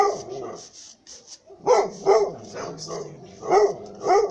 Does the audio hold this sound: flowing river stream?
no